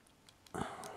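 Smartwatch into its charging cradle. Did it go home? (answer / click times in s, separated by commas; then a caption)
no / none. A Samsung Gear 2 smartwatch is pushed onto its charging cradle, with the charging pins on its back lined up against the cradle. Only faint light contact ticks are heard at about 0.1, 0.3 and 0.5 s, followed by a louder stretch of broadband handling noise from about 0.5 s to the end. The watch fails to seat: nothing has seated or clicked yet.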